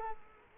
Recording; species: mosquito wingbeat signal from an infrared sensor; Culex quinquefasciatus